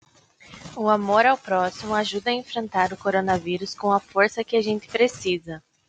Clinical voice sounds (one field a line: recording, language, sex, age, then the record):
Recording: spoken sentence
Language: Brazilian Portuguese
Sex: female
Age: 20 to 29 years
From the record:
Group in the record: control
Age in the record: 24 years